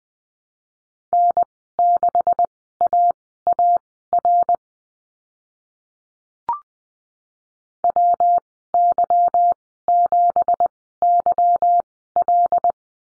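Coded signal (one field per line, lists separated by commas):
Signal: Morse code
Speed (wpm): 20 wpm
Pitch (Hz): 700 Hz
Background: none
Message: N6AAR WY7YL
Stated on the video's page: Morse course lesson on the number 9 and call signs, Farnsworth spacing at 20/10 wpm.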